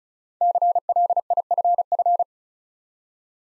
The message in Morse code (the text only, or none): CLIFF